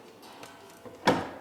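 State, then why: Seated. A wall-mounted folding workbench top is lifted up until its support locks onto the wall bracket, with faint handling noises along the way. At 1.1 s it snaps into place with a sharp metallic hit that rings briefly as it fades, leaving the work surface seated and locked.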